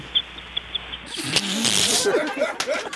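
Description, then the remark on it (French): A woman mimics a seagull, letting out a run of wavering, rising and falling squawks with a raspy edge, after a second of faint, evenly spaced high chirps. “Ah, des beaux oiseaux. Mon Dieu, un goéland, c'était pareil.”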